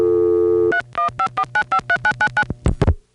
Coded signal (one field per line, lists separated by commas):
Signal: DTMF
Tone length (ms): 80 ms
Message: 3154953999